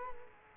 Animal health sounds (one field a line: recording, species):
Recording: mosquito wingbeat signal from an infrared sensor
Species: Culex quinquefasciatus